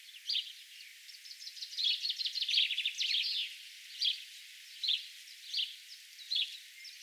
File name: zaunkoenig gesang nabu lars lachmann